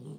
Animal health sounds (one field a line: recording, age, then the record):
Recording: pig call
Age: piglet (1 to 25 days)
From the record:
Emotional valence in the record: negative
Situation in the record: long isolation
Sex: male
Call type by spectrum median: low-frequency call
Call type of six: low-frequency stable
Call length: 0.19 s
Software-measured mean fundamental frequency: 49 Hz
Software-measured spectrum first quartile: 155 Hz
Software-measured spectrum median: 232 Hz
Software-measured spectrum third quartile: 483 Hz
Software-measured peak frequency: 148 Hz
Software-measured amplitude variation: 89 dB a second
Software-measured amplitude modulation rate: 32.1 a second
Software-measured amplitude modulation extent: 2.8 dB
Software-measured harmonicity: 1.3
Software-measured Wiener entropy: 0.07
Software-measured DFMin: 1663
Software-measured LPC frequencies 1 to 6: 286, 3069, 5209, 7170, 8692, 10489 Hz